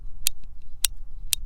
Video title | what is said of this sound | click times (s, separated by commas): Heritage Rough Rider | good clicks where each chamber is if i lift the loading gate up that puts each one right in place | 0.3 s, 0.8 s, 1.3 s